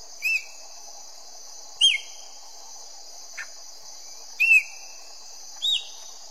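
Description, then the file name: Chopi blackbird song: a few isolated whistled notes, each rising then falling, spaced a second or more apart over a constant high-pitched hiss. "canto do grauna"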